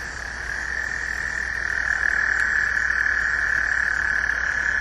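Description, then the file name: Gulf Coast toad in a sustained buzzing trill that grows louder and holds steady to the end. "Incilius nebulifer"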